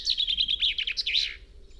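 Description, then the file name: Common chaffinch song fragment: a brisk run of sharp, high notes tumbling downward before fading out. "Fringilla coelebs"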